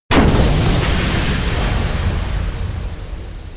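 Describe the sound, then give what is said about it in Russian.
A sudden, loud explosion bursts in with a sharp crack, then a broad roaring rumble that slowly fades, as the windows of an office blow out and shatter into thousands of shards. There are no voices. “Окна конторы разлетаются тысячи осколков.”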